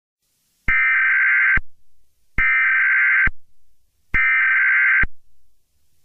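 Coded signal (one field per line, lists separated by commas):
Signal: Emergency Alert System (SAME) tones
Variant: header bursts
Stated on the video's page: Fictional EAS scenario test, simulated.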